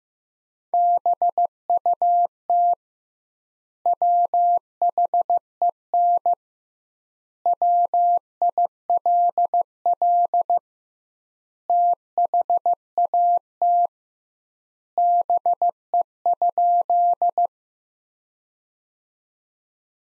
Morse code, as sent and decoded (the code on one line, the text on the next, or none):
-... ..- - / .-- .... . -. / .-- .. .-.. .-.. / - .... .- - / -... . ..--..
BUT WHEN WILL THAT BE?